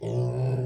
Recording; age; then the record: pig call; weaner (32 to 43 days)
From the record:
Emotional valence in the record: positive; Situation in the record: positive conditioning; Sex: female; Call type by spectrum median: low-frequency call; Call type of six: low-frequency stable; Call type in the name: low-frequency stable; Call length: 0.66 s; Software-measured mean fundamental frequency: 62 Hz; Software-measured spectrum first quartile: 125 Hz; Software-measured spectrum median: 201 Hz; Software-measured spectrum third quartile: 454 Hz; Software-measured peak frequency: 132 Hz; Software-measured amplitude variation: 89 dB a second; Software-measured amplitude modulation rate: 21.2 a second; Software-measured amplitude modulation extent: 4.2 dB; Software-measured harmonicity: -6.0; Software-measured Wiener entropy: -0.67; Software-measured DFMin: 722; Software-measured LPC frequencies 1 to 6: 2599, 3290, 4390, 4838, 6771, 8056 Hz